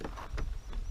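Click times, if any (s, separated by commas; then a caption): none. The plastic third brake light housing of a Polaris Slingshot is pressed back into the rear fin by hand for reinstallation, producing three short, soft taps around 0.1, 0.4 and 0.7 seconds over low background rumble. Nothing has seated or clicked yet; the plastic clips have not snapped home.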